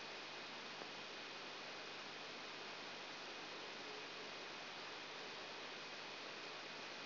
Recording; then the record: brain microelectrode recording played as sound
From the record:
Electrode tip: outside the subthalamic nucleus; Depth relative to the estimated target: -3 mm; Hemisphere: right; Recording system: AlphaMap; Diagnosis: Parkinson's disease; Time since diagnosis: 19 years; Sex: male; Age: 59 years